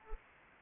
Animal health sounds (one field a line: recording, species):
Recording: mosquito wingbeat signal from an infrared sensor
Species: Anopheles arabiensis